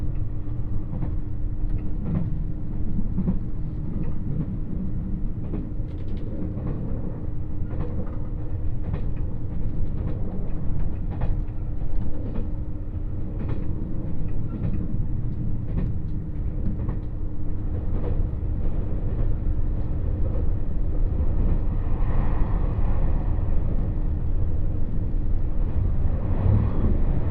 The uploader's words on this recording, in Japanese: 土讃線特急南風26号 土佐山田→阿波池田。3両編成の特急南風26号は自由席がそこそこ混雑しております。既に日も暮れているので小さな駅の通過にも目もくれずです。